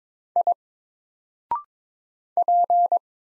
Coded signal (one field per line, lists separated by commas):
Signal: Morse code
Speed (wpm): 22 wpm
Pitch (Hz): 700 Hz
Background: none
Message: I P